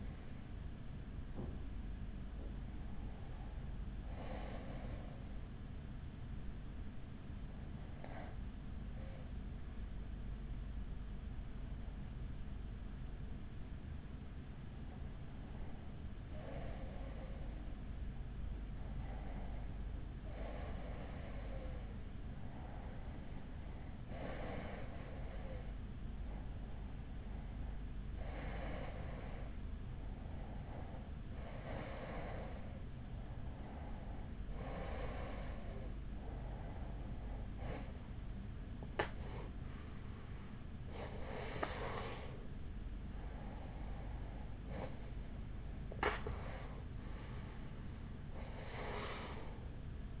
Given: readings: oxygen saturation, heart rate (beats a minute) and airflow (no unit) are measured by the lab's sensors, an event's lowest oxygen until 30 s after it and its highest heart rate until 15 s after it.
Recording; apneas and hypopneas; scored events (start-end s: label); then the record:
breathing in sleep by a smartphone at the bedside; 1
3.00-50.20 s: new sleep stage, REM sleep
12.00-36.00 s: hypopnea (REM, oxygen 95% highest, then 92% lowest, heart rate 50 at the start, 53 highest)
From the record:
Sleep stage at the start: N1 (lightest sleep); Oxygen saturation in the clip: 92 to 95%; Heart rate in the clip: 42 to 61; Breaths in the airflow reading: 13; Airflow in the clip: -7.0 to 7.1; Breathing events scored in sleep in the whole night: 207 in 7.6 hours asleep